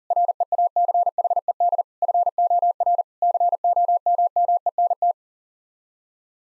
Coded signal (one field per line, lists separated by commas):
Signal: Morse code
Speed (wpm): 40 wpm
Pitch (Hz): 700 Hz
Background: none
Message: REACHED FOR COMMENT